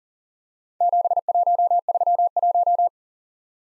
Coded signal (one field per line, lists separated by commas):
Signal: Morse code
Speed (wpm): 41 wpm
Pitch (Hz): 700 Hz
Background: none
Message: 7131